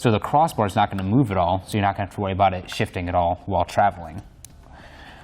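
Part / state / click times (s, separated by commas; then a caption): roof rack torque tool tightening the crossbar foot clamp / torque reached / 4.5 s. A man talks for about four seconds while a Thule WingBar Evo roof rack's foot clamp is tightened onto the crossbar and side rail of a 2018 Ford Escape with the supplied torque tool. The tool gives a sharp click at 4.4 s, with a fainter tick just after, signalling that the clamp is torqued to the correct specification.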